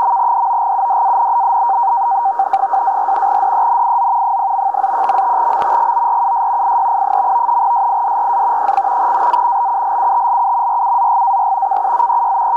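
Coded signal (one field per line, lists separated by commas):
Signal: NAVTEX (SITOR-B)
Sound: continuous fast warbling chatter between two close tones, steady throughout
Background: radio static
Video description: Transmitindo no sistema SITOR-B boletins meteorológicos em turco e inglês para embarcações.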